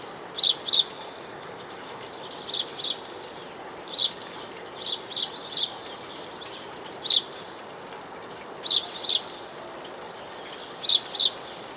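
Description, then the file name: House sparrow calls: bright, clipped chirps given in quick doubles and singles, spaced by irregular pauses of one to two seconds, with a soft constant hiss behind. "Passer domesticus"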